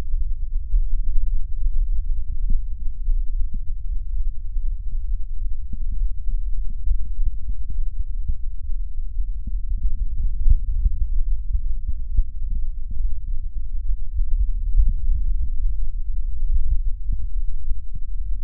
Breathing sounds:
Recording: lung sounds by stethoscope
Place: right anterior apical chest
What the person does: quiet breathing, then deep breathing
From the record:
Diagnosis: COPD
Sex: male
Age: 64 years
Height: 166 cm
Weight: 92.7 kg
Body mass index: 33.6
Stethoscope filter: bell mode

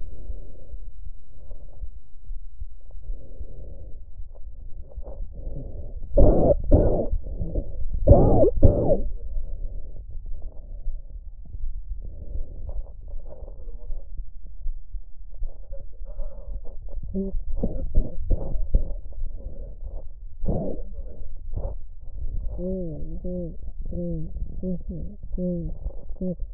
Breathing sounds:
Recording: lung sounds by stethoscope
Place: left anterior apical chest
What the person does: quiet breathing, then cough and speech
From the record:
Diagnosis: asthma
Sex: female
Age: 56 years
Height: 161 cm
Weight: 85 kg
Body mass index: 32.8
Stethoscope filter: extended mode

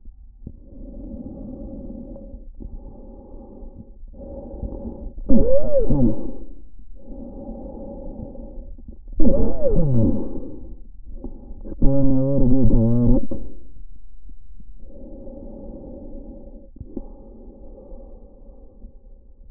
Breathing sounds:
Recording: lung sounds by stethoscope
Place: trachea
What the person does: quiet breathing, then cough and speech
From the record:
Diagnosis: COPD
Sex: male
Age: 57 years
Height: 165 cm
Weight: 85.7 kg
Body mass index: 31.5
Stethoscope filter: diaphragm mode

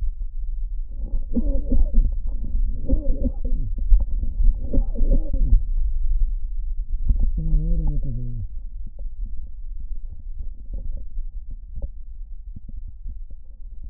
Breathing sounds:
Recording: lung sounds by stethoscope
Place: right posterior basal chest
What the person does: quiet breathing, then cough and speech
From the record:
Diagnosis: COPD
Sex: male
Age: 70 years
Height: 163 cm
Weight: 64.6 kg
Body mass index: 24.3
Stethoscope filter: diaphragm mode

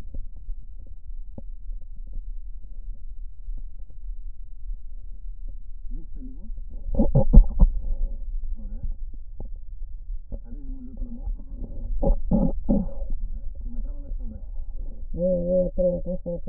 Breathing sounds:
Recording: lung sounds by stethoscope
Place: right posterior apical chest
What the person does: quiet breathing, then cough and speech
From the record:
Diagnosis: interstitial lung disease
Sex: female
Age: 70 years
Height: 160 cm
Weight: 93 kg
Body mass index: 36.3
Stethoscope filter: diaphragm mode

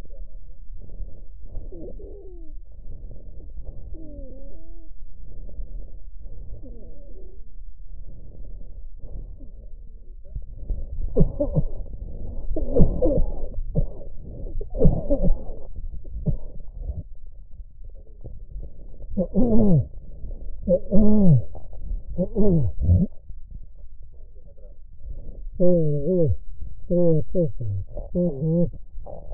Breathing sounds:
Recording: lung sounds by stethoscope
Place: left posterior basal chest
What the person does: quiet breathing, then cough and speech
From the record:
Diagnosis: COPD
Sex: male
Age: 75 years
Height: 182 cm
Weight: 98 kg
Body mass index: 29.6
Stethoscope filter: extended mode

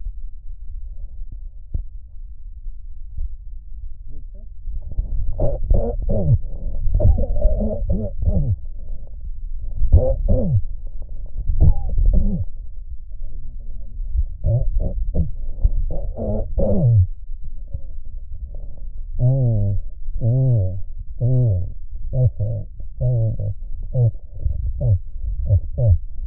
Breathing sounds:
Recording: lung sounds by stethoscope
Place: right posterior basal chest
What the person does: quiet breathing, then cough and speech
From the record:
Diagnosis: pulmonary infection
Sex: male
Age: 86 years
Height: 165 cm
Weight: 65 kg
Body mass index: 23.9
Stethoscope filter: extended mode

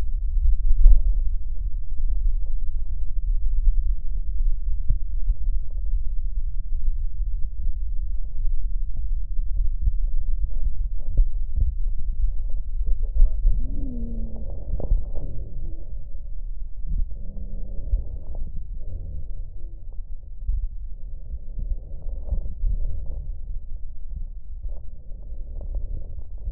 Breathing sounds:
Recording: lung sounds by stethoscope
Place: left posterior basal chest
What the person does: quiet breathing, then deep breathing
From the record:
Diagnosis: pulmonary infection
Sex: male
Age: 74 years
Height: 171 cm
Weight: 80 kg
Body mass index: 27.4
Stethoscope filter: extended mode

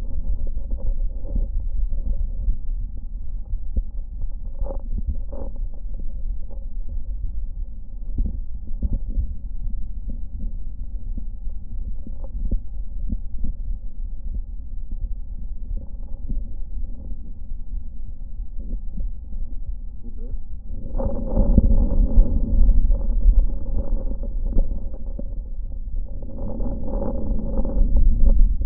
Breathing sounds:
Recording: lung sounds by stethoscope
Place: left posterior basal chest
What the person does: quiet breathing, then deep breathing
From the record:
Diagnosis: none (healthy)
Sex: male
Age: 23 years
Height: 185 cm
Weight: 93 kg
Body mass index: 27.2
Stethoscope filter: diaphragm mode

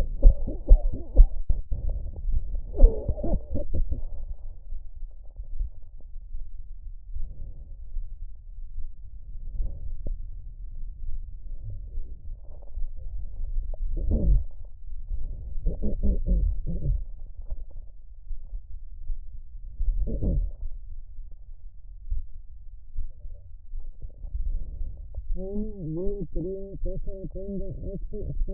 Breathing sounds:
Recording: lung sounds by stethoscope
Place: left posterior basal chest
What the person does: quiet breathing, then cough and speech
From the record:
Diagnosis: pulmonary infection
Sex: female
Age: 74 years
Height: 160 cm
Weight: 66 kg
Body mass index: 25.8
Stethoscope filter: extended mode

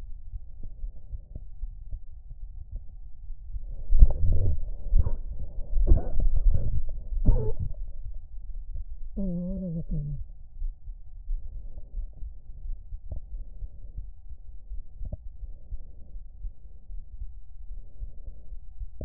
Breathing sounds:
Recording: lung sounds by stethoscope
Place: left anterior apical chest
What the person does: quiet breathing, then cough and speech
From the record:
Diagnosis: asthma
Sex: female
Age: 65 years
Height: 157 cm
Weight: 70.2 kg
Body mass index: 28.5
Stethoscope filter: extended mode

